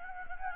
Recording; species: mosquito wingbeat signal from an infrared sensor; Anopheles gambiae